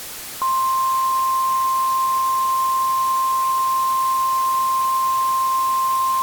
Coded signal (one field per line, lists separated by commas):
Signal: Emergency Alert System (SAME) tones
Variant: 1050 Hz attention tone